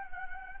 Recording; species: mosquito wingbeat signal from an infrared sensor; Anopheles gambiae